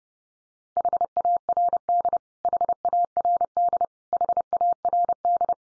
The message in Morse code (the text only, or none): HARD HARD HARD